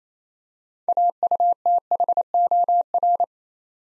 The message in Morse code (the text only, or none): AUTHOR